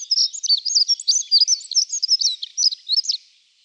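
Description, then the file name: Dunnock giving a continuous rapid, high-pitched warbling phrase of tumbling squeaky notes, fading out at the end. "POKRZYWNICA"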